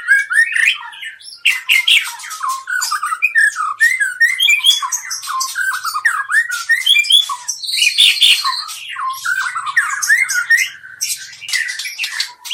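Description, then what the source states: White-rumped shama singing a continuous, rich medley of slurred whistles, clicks and harsh chatters, rising and falling rapidly without a break. Medan.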